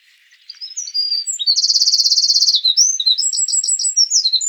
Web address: troglodytes troglodytes call